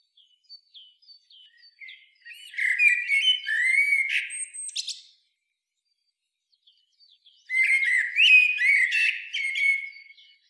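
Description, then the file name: Common blackbird song: two rich warbled phrases of low fluty notes ending in high twittery squeaks, around three seconds and again near eight seconds, with faint thin notes before. "Turdus merula"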